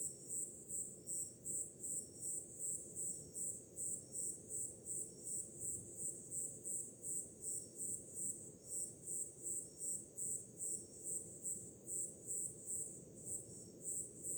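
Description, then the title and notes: A cricket chirps in a fast, even series of high trills, roughly three per second, above a continuous low wash of breaking waves. Crickets with ocean waves in the background on a summer night. "Som do mar ao fundo, grilos e cigarras em uma noite de verão – Ocean, crickets and cicadas in a summer night"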